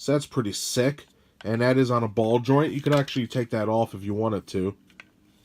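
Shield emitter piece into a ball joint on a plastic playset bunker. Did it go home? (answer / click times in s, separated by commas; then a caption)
yes / 5.0 s. Someone talks while handling the plastic shield emitter piece of a toy playset bunker, which sits on a ball joint. At 5.0 s a short, sharp click sounds as the piece snaps back onto its ball joint and seats.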